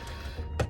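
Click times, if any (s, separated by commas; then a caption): 0.6 s. A plastic trunk light cover on a 2022 Toyota GR86/BRZ is pressed back into the trunk trim panel after an AUXITO LED 194 bulb is fitted. Over a low, steady background hum, a single distinct click sounds at 0.6 s as the cover seats in place.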